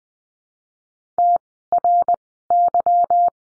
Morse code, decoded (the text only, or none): TRY